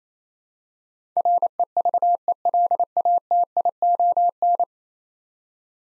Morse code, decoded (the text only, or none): REVELATION